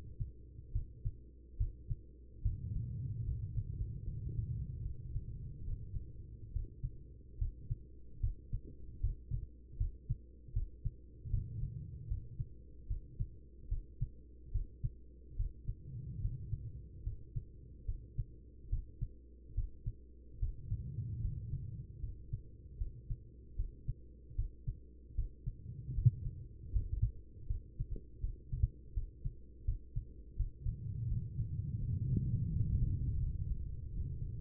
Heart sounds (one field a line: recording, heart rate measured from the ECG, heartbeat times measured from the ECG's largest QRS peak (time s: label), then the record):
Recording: heart sounds by stethoscope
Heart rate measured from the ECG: 76 bpm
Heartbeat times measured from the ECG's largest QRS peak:
0.72 s: heartbeat
1.58 s: heartbeat
2.42 s: heartbeat
3.25 s: heartbeat
4.04 s: heartbeat
4.82 s: heartbeat
5.64 s: heartbeat
6.53 s: heartbeat
7.38 s: heartbeat
8.20 s: heartbeat
9.01 s: heartbeat
9.77 s: heartbeat
10.53 s: heartbeat
11.30 s: heartbeat
12.08 s: heartbeat
12.87 s: heartbeat
13.69 s: heartbeat
14.52 s: heartbeat
15.36 s: heartbeat
16.21 s: heartbeat
17.03 s: heartbeat
17.85 s: heartbeat
18.69 s: heartbeat
19.54 s: heartbeat
20.39 s: heartbeat
21.21 s: heartbeat
22.00 s: heartbeat
22.77 s: heartbeat
23.56 s: heartbeat
24.35 s: heartbeat
25.15 s: heartbeat
25.94 s: heartbeat
26.72 s: heartbeat
27.47 s: heartbeat
28.20 s: heartbeat
28.93 s: heartbeat
29.64 s: heartbeat
30.36 s: heartbeat
31.08 s: heartbeat
31.79 s: heartbeat
32.49 s: heartbeat
33.19 s: heartbeat
33.92 s: heartbeat
From the record:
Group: healthy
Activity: rest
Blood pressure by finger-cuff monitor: 92/67 mmHg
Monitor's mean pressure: 78 mmHg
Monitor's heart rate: 76 bpm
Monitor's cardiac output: 5.1 L/min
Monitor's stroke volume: 67 mL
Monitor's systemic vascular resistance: 1100 dyn s/cm5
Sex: female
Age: 43 years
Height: 160 cm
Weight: 90 kg